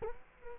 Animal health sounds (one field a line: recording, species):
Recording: mosquito wingbeat signal from an infrared sensor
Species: Culex quinquefasciatus